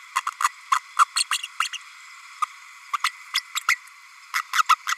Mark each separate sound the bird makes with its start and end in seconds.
0.15-0.21, 0.43-0.48, 0.71-0.78, 0.98-1.05, 1.16-1.24, 1.31-1.38, 1.59-1.68, 1.73-1.78, 2.41-2.45, 2.93-2.96, 3.03-3.10, 3.33-3.40, 3.68-3.75, 4.33-4.42, 4.53-4.63, 4.69-4.75, 4.87-4.96